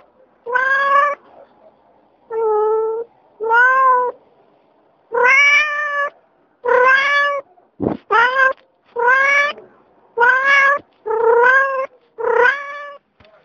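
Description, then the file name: Domestic cat meowing, many drawn-out harmonic meows in a row separated by short pauses, with a quiet background. "myaukane koshki"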